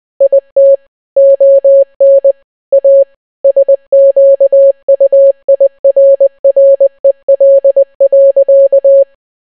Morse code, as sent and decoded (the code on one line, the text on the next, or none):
.. - / --- -. / .- / ... --.- ..- .. .-. .-. . .-.. .-.-.-
IT ON A SQUIRREL.